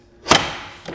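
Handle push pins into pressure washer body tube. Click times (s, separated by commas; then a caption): 0.3 s. The plastic handle of a HART 1800psi electric pressure washer is pushed down through the body tube, and its push pins click into the holes at 0.3 seconds with a single sharp snap that rings out and fades. The handle is seated and installed.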